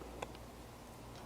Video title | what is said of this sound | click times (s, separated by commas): Transformers Studio Series Barricade - The Last Knight | You hear a snap. | 0.2 s